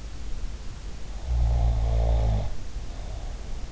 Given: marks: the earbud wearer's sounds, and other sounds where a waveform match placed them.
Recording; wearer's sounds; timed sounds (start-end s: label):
sounds in sleep by an in-ear microphone; snoring breath
1.20-3.38 s: snoring breath